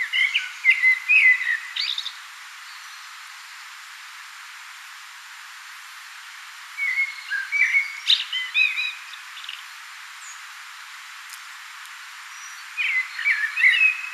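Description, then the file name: Common blackbird song: low fluty warbled phrases, each ending in a thin high twitter, given in three bursts separated by pauses of several seconds. "Turdus merula"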